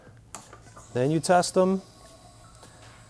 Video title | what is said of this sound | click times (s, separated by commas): How to install a Programmable Integrated Tail Light on a 2017+ Kawasaki Z650 / Ninja 650 | also make a nice audible click sound so you know they're engaged then | 0.4 s